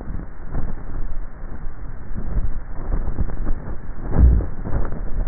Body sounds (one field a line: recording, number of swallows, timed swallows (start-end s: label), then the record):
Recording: swallowing sounds by neck microphone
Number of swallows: 1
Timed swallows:
2.17-3.07 s: swallow
From the record:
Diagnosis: dysphagia